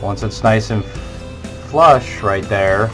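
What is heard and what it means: A plastic cover is handled as it goes onto the handle of a handheld bingo unit, to be pushed down at the top so it snaps shut. Someone talks over background music, and nothing has seated or clicked yet.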